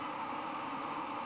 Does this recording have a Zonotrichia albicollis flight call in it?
no